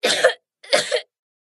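An adult woman coughs twice in quick succession.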